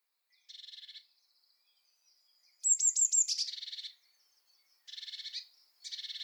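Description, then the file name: Eurasian blue tit high thin notes ending in a buzz, surrounded by several rattling buzzy churrs, repeated in short bursts. "Cyanistes caeruleus"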